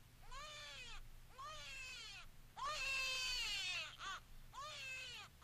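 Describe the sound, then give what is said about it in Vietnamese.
A baby cries in a hallway in four long, wavering wails, each rising then falling in pitch, separated by short gasping pauses, with a low steady hum beneath and no talking. “Tiếng khóc cứ văng vẳng đâu đây trong hành lang.”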